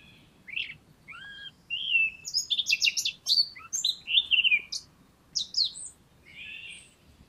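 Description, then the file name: Eurasian blackcap singing a lively, varied warble, soft chattering notes building into loud, clear whistled phrases, with a short quieter ending. "Sylvia atricapilla"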